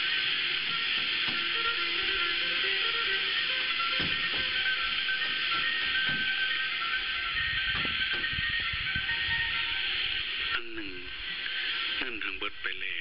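Music heard over a shortwave radio, buried in a steady hiss and crackle that stays dense and fairly loud throughout. Faint tones and short clicks come and go, and near the end, from about ten seconds on, warbling, sweeping interference whistles through the signal.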